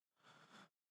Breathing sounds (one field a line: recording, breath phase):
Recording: one breath near a microphone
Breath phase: inhalation